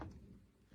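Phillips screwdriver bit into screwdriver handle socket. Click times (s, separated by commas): 0.0 s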